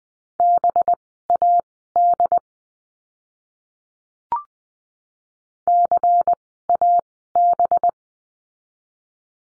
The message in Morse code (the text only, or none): BAD CAB